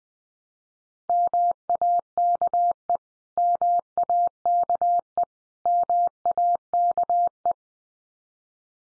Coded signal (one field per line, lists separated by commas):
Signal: Morse code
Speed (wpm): 20 wpm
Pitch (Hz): 700 Hz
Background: none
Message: MAKE MAKE MAKE